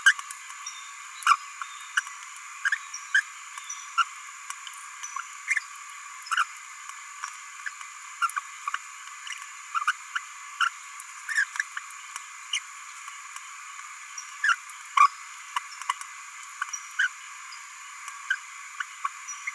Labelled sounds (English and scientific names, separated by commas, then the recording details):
Green-rumped Parrotlet (Forpus passerinus) babbling
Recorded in a nest box in Venezuela
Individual 18B17A3